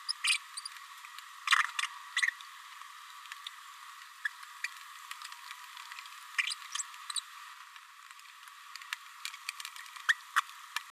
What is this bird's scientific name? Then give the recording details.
Forpus passerinus. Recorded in a nest box in Venezuela. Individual 18B104A3